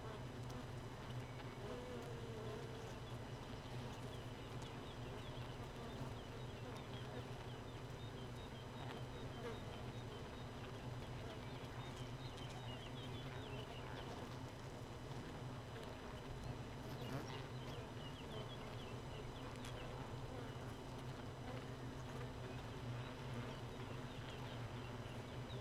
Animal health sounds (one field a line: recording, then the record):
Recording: honeybee colony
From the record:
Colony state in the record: missing queen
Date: 31 May 2018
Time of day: 4:11